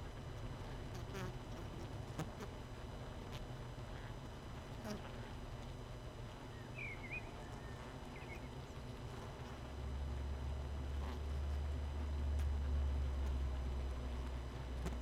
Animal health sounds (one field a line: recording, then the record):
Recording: honeybee colony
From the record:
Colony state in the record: missing queen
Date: 31 May 2018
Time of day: 19:05